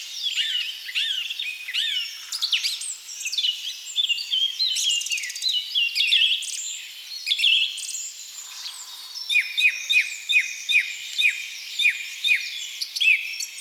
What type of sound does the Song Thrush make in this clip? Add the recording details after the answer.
song. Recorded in the wild. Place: Waltershofen / Freiburg im Breisgau, Baden-Württemberg, DE. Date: 2003-04-13. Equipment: MiniDisc Sharp MT 20 H, Sennheiser MKH 816. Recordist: Schwarz, Dieter. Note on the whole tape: Song